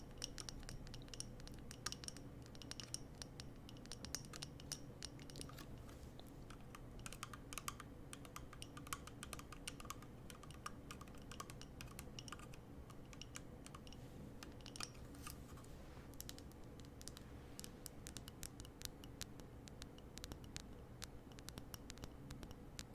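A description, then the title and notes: Long fingernails tap on a candle in quick, dense bursts of sharp clicks, almost like fast typing, continuing steadily for the whole stretch. The taps are crisp over a low, constant hum in the background. ASMR Christmas Candle Tapping (Long Nails).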